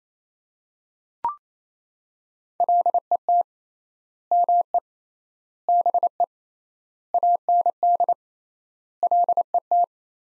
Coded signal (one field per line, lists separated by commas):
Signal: Morse code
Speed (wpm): 28 wpm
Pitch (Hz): 700 Hz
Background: none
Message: LET ME BE AND LET